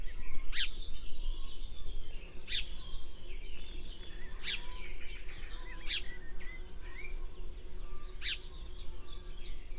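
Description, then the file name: House sparrow giving five sharp chirps, roughly every one and a half to two and a half seconds, with fainter twittering birds behind and a steady low rumble. "Passer domesticus"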